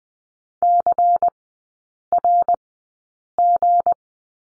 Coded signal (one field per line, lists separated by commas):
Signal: Morse code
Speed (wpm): 19 wpm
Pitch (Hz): 700 Hz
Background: none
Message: CRG